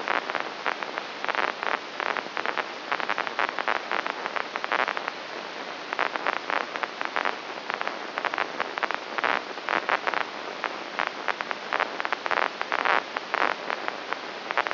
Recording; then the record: brain microelectrode recording played as sound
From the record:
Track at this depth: inside the subthalamic nucleus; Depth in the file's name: 4.883 mm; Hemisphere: left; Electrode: 2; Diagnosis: Parkinson's disease